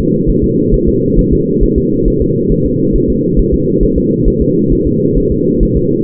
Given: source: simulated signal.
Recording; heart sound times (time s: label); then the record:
fetal heart sounds
0.30 s: S1
0.44 s: S2
0.74 s: S1
0.88 s: S2
1.19 s: S1
1.33 s: S2
1.63 s: S1
1.78 s: S2
2.08 s: S1
2.22 s: S2
2.52 s: S1
2.66 s: S2
2.96 s: S1
3.10 s: S2
3.39 s: S1
3.54 s: S2
3.83 s: S1
3.98 s: S2
4.28 s: S1
4.42 s: S2
4.73 s: S1
4.87 s: S2
5.18 s: S1
5.32 s: S2
5.63 s: S1
5.77 s: S2
From the record:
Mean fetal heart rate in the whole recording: 135 bpm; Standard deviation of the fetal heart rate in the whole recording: 3 bpm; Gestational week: 36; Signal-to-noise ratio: -11.2 dB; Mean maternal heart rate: 72 bpm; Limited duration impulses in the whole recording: present